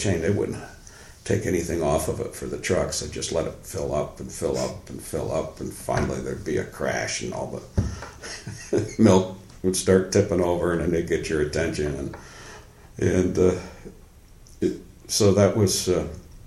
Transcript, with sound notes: They wouldn't take anything off of it for the trucks, they'd just let it fill up, and fill up and fill up and finally there'd be a crash and all the [chuckle] milk would start tipping over and then they would get your attention. That was an